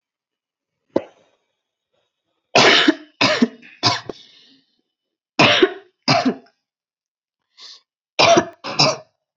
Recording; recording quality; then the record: shallow voluntary cough; excellent, no background noise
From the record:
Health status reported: COVID-19 positive, mild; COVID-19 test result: positive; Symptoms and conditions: cold, fever, fatigue, muscle pain, loss of smell and taste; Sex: female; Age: 22 years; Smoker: not ticked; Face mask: not worn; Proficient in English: yes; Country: India